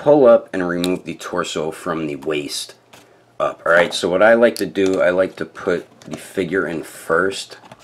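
Someone talks while handling a plastic action figure whose lower body, with the torso removed from the waist up, is about to be pressed into the seat of its hover pod accessory. Nothing has seated or snapped in yet, and the clip ends just before the part goes home.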